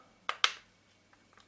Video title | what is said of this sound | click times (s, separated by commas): Stuck on-off button in Nikon D600 | clicks into place and | 0.3 s, 0.4 s